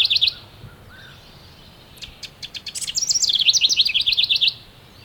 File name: Troglodytes aedon - House Wren